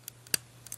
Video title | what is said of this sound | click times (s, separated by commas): Transformers Prime RID Voyager THUNDERTRON: EmGo's Transformers Reviews N' Stuff | You can actually pull his head up and you'll hear a little click when you do it. Right there. | 0.3 s